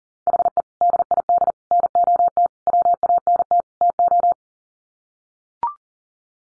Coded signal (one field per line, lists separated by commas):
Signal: Morse code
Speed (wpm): 40 wpm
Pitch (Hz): 700 Hz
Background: none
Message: HE DID NOT WANT TO